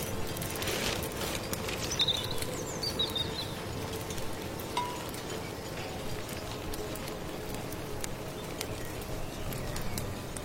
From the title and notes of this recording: Come to the mysterious late autumn forest, stir your magic amulet soup, accompanied by birdsong, firewood, rustling rain.